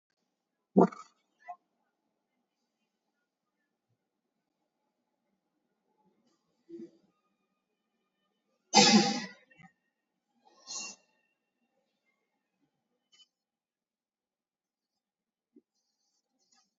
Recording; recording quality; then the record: shallow breathing; moderate, slight background noise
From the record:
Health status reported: COVID-19 positive, no symptoms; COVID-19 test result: positive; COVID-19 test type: RT-PCR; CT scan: taken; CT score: 2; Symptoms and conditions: fatigue, hypertension, diabetes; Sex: male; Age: 48 years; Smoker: no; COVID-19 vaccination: one dose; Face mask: worn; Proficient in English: yes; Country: India